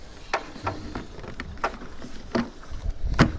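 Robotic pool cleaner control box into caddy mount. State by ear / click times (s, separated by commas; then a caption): seated / 0.3 s, 1.6 s. The plastic control box of a Zodiac DUO-X 4050IQ robotic pool cleaner is pushed by hand, with no tools, into its mount on the pool cleaner's caddy. Sharp plastic clicks are heard at 0.3 s and 1.6 s among a few other short knocks and handling sounds over a low background rumble. The control box is seated in the caddy mount.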